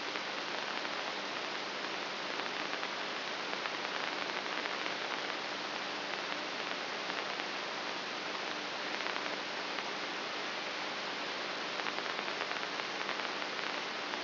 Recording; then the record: brain microelectrode recording played as sound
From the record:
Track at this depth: inside the subthalamic nucleus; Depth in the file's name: 6.04 mm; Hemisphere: right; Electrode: 3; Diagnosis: Parkinson's disease